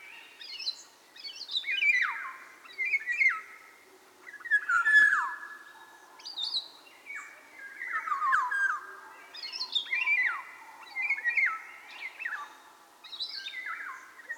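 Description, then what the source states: Eurasian golden oriole: a series of harsh, chattering, downward-sliding calls, mixed with high, short piping notes. Recorded at Kondor-tó; excited males and females giving harsh chattering calls, with very high, short notes of young males learning to sing from older males.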